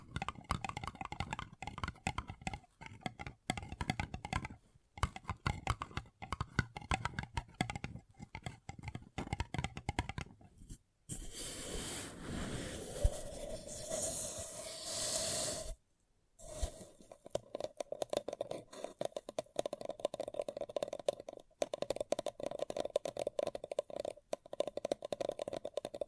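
Paper cup tingles: rapid crinkly tapping and scratching for ten seconds, a denser rustling wash around 11–16 seconds, then quick tapping again.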